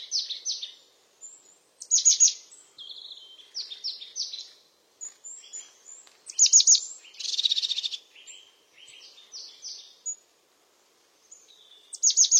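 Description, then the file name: European crested tit song: high thin notes mixed with buzzy purring trills and quick descending chirp bursts, phrases coming in uneven clusters with short pauses. "Canto do chapim de crista"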